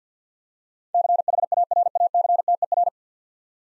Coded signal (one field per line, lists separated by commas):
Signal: Morse code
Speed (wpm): 50 wpm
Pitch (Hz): 700 Hz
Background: none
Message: CHARACTER